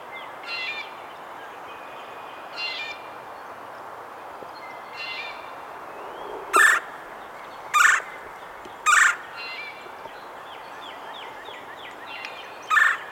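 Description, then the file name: Red-bellied Woodpecker calling: soft, raspy notes every couple of seconds, then four sharp, loud calls spread over the second half. "Melanerpes carolinus - Red-bellied Woodpecker"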